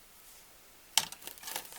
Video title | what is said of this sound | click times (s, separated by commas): Heart Yard Art | is just gonna snap right in there just like it would in to a dress that's | 1.0 s